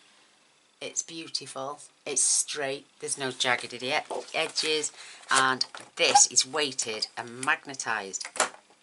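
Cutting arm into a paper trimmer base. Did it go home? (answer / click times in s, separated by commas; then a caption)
no / none. Someone talks while handling the weighted, magnetized cutting arm of a paper trimmer above its base. The arm has not clicked into place yet; nothing has seated.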